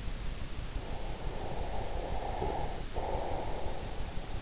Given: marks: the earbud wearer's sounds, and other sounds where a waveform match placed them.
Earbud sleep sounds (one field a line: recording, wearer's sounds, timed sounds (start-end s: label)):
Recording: sounds in sleep by an in-ear microphone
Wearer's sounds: breath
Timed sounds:
0.56-4.33 s: breath